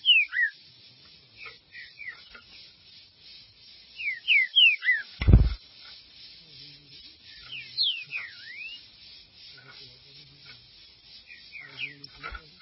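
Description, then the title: Green-winged saltator song: clusters of sharp slurred whistled notes scattered throughout, interrupted once by a loud knock midway. "Trinca Ferro"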